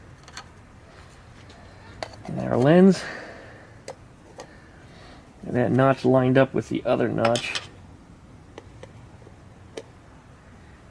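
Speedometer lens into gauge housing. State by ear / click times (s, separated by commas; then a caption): seated / 9.8 s. A speedometer lens from an air-cooled VW (Beetle, Type-3) is set into the gauge housing with its notch lined up with the housing notch, while someone talks. Light handling taps and clicks are heard. At 9.8 s a sharp click marks the lens dropping and seating in place.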